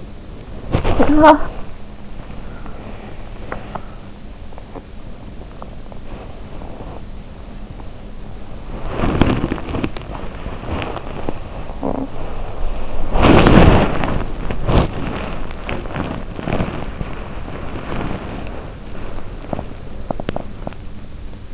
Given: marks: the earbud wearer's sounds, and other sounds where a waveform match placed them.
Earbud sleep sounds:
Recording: sounds in sleep by an in-ear microphone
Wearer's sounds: talking in sleep, body movement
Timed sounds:
0.00-1.80 s: talking in sleep
1.80-21.53 s: body movement

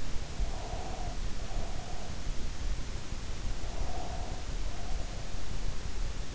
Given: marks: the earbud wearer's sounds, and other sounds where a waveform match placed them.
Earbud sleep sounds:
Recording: sounds in sleep by an in-ear microphone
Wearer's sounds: breath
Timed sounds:
0.30-2.28 s: breath
3.65-5.56 s: breath

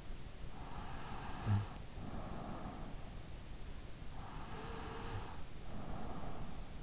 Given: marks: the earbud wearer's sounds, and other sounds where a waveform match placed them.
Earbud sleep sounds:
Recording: sounds in sleep by an in-ear microphone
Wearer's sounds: snoring breath, breath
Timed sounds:
0.49-3.32 s: snoring breath
4.17-6.72 s: breath

